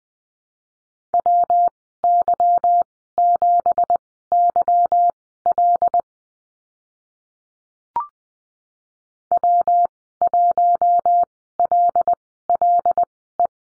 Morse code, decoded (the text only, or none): WY7YL W1LLE